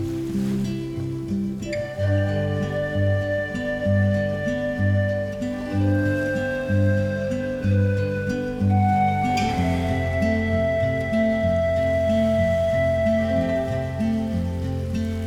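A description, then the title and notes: Pan flute holds long, clear notes over a steady pulsing guitar and bass pattern, with fresh phrases entering near two and ten seconds. Pan Flute & Guitar.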